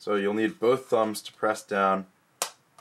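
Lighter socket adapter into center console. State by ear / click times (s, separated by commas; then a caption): seated / 2.4 s. Someone talks while pressing the adapter ring for a cigarette lighter socket down around its edge with both thumbs into the plastic center console of a BMW Lightning Console wireless charger. A sharp snap at 2.4 s marks the adapter seating in place, followed by a faint tick at 2.8 s.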